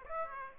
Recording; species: mosquito wingbeat signal from an infrared sensor; Aedes aegypti